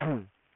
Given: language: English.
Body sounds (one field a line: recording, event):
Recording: throat vibration sensor signal played as sound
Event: throat clearing